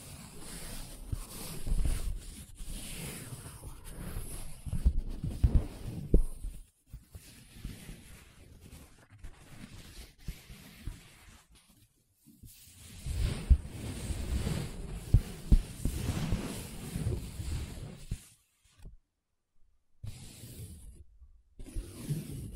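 Paper being traced, scratched and rubbed in uneven bursts of dry low scraping, with several abrupt silent gaps, the longest near twenty seconds.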